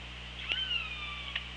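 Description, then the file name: Orca call, a drawn-out harmonic tone that slides slowly downward over about a second, with a couple of sharp clicks, over constant underwater hiss and low hum. Hydrophone, 24 August 2017, 15:57:36. "Orca Lab"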